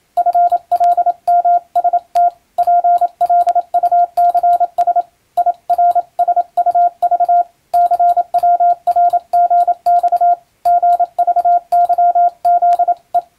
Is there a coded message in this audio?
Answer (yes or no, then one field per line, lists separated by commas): yes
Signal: Morse code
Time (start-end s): 0.2-13.2 s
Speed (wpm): 27 wpm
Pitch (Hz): 700 Hz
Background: radio noise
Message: FLMST PLUCS IRSUV CWRGX GVYZE